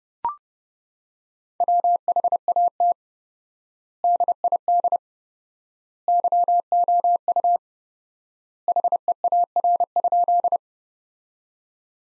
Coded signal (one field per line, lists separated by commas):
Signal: Morse code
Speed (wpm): 30 wpm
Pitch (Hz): 700 Hz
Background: none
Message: WHAT DID YOU HEAR?